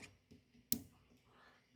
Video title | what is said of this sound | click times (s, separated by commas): Chevy 6L80E Transmission Thermostat Bypass | and I heard the little click | 0.7 s